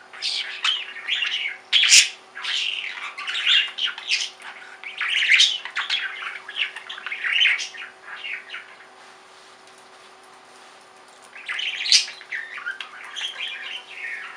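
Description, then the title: Budgerigar warbling chatter, busy scratchy squawks and chirps, a quiet pause, then another burst of chatter over a steady low hum. "Budgie Sounds"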